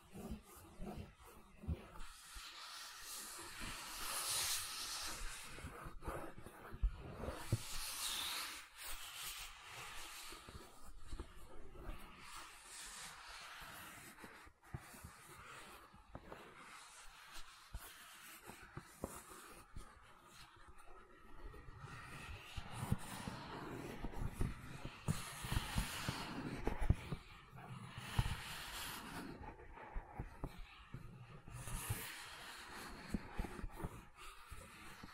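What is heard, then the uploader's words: Gentle silicone sounds: soft rubbing, squishing and sticky handling in an uneven, continuous flow. Bright hissy swishes rise and fall every few seconds, with occasional soft low taps and thuds beneath. The loudness stays fairly even, with a few sharper peaks near the end. ASMR Gentle Silicon Sounds for Sleep (No Talking).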